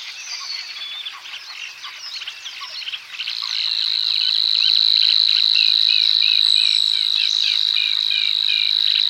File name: Vassångare